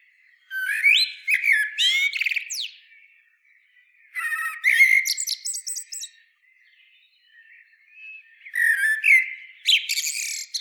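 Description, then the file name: Common blackbird song, three separate phrases of mellow whistled notes ending in shrill, squeaky twitters, with short quiet gaps between them. "Turdus merula"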